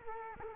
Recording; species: mosquito wingbeat signal from an infrared sensor; Culex quinquefasciatus